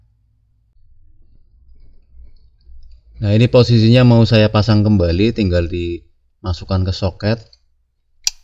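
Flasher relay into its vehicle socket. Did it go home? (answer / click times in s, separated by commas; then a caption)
yes / 8.3 s. A plastic-cased turn-signal/hazard flasher relay is pushed back into its vehicle socket while someone talks. Faint rustling comes first, then a sharp click at 8.3 s as the relay seats and is reinstalled.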